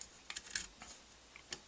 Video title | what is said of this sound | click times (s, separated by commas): Noveske NSR 13 5" | forward snaps in a place you'll tighten them up and once it's tight that | 0.6 s